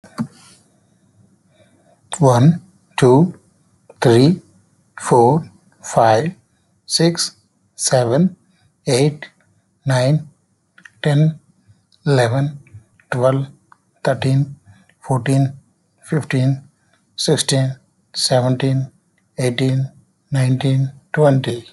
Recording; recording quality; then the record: counting at a normal pace; excellent, no background noise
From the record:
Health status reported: healthy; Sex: male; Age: 35 years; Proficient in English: yes